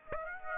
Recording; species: mosquito wingbeat signal from an infrared sensor; Aedes aegypti